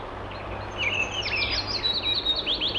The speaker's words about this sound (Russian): Послушаем зяблика.